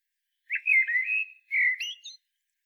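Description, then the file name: Common blackbird singing: a flowing fluty warble, a brief gap, then a second phrase that ends in high thin chirps. "Turdus merula"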